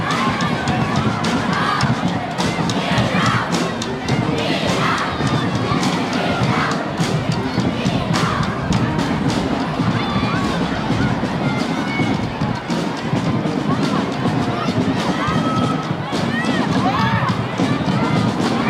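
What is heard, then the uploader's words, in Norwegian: A jubilant children's parade with a marching band: dense, constant crowd chatter and cheering children's voices, busy and steady throughout, with bright shouts scattered across. Lyden av jublende barnetog og korps på 17.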